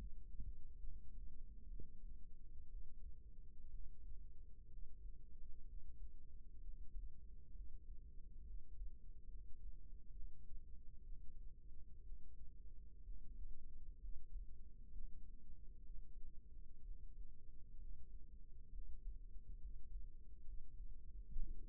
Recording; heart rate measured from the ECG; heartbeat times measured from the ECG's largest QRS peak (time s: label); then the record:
heart sounds by microphone in the right ear; 64 bpm
0.78 s: heartbeat
1.68 s: heartbeat
2.67 s: heartbeat
3.69 s: heartbeat
4.67 s: heartbeat
5.65 s: heartbeat
6.60 s: heartbeat
7.53 s: heartbeat
8.44 s: heartbeat
9.27 s: heartbeat
10.11 s: heartbeat
11.02 s: heartbeat
12.02 s: heartbeat
13.02 s: heartbeat
13.98 s: heartbeat
14.91 s: heartbeat
15.85 s: heartbeat
16.81 s: heartbeat
17.77 s: heartbeat
18.70 s: heartbeat
19.58 s: heartbeat
20.42 s: heartbeat
21.28 s: heartbeat
From the record:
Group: healthy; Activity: cold pressor test 0-20 s, rest 20-22 s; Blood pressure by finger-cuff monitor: 140/68 mmHg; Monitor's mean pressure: 89 mmHg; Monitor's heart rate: 64 bpm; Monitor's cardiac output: 6.1 L/min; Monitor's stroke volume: 95 mL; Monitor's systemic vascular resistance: 1070 dyn s/cm5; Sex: female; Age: 37 years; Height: 168 cm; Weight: 70 kg